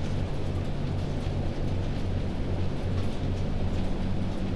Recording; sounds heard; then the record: poultry house recording; no chicken sound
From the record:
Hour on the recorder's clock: 0